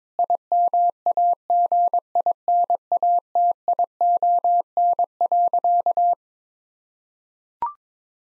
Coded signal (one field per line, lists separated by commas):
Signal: Morse code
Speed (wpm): 22 wpm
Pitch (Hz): 700 Hz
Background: none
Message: IMAGINATION.